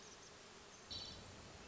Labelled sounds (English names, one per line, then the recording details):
Hermit Thrush
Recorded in Sonoma County, California